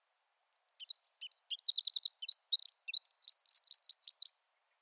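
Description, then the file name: Eurasian wren song: a rapid, high outpouring of sharp notes and whistles with two fast buzzy trills, about four seconds long. "Troglodytes troglodytes"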